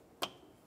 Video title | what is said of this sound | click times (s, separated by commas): How to Replace Radiator 2003-2007 Infiniti G35 | push until you hear a click give it a little pull make sure really in there | 0.2 s